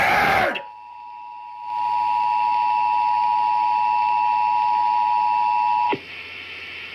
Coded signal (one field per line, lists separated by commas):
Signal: Emergency Alert System (SAME) tones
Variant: 853 and 960 Hz attention tone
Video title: TORNADO DRILLS... EAS Alerts from 3/5/19 - 3/27/19 (EAS #2,084 - 2,111)